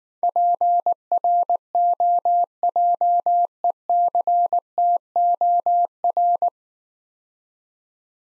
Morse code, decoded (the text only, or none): PROJECTOR